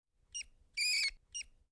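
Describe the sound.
Rat squeaks: three high, thin squeaks with stacked harmonics. A short one comes first, then a longer one lasting about a third of a second, then another short one.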